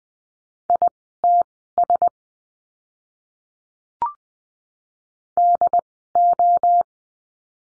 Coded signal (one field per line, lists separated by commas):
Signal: Morse code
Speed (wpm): 20 wpm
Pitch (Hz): 700 Hz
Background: none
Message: ITS DO